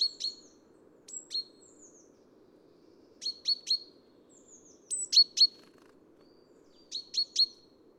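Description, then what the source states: Great Tit calls: bursts of two or three sharp ringing notes, interspersed with faint thin falling whistles, given every second or two above a constant low background hum. Recorded at Neudarss; date code 130203, 3 February 2013.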